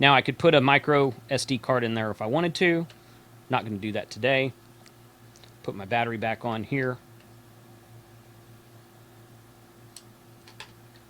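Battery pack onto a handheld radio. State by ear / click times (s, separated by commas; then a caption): seated / 10.0 s, 10.6 s. A battery pack is pushed back onto an RFinder B1 Android DMR handheld radio while someone talks. After the talking stops, the pack snaps into place with clicks at 10.0 and 10.6 seconds, and it is seated.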